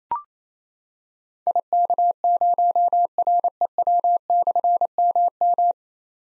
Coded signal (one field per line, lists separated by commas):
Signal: Morse code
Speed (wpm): 28 wpm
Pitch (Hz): 700 Hz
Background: none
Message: IK0REW/MM